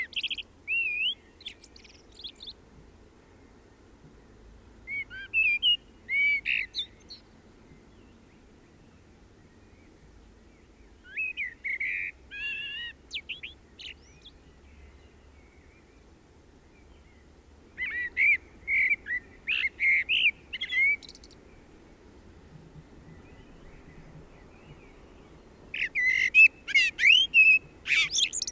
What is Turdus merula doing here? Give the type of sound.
song